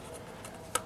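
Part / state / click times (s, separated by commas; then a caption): wiring harness connector and lock tab on ignition coil / seated / 0.8 s. A wiring harness connector is pressed onto an ignition coil of a 2013 Ford F-150 EcoBoost during spark plug and coil reinstallation, and its red locking tab is pushed in. A single sharp, bright click at 0.8 s stands out above quiet background noise. The connector is seated and locked in place.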